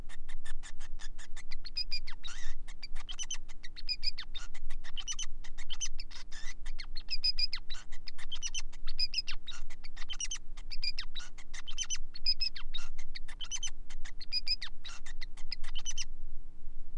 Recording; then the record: song of a male Bengalese finch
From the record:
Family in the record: son of father 5